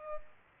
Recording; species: mosquito wingbeat signal from an infrared sensor; Culex pipiens